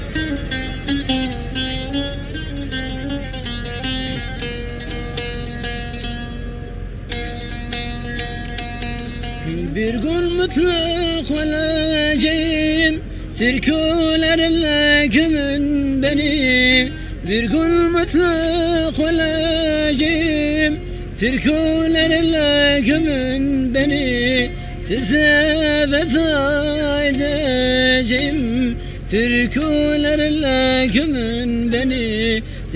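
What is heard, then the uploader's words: Refugees protesting at the border, their voices raised in loud, rhythmic chanting that starts around ten seconds and repeats in short bursts with brief pauses. A sustained singing tone opens the recording, and a low steady rumble runs beneath everything. IDOMENI refugee camp, Greece. Protest held by refugees to demand the opening of the Greek-Macedonian border. Field-recordings: Stéphane Charpentier.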